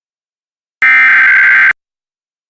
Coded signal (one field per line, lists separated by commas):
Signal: Emergency Alert System (SAME) tones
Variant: header bursts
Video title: Child Abduction Emergency Wake County, NC (My County!) Cisco Spectrum TV EAS Alert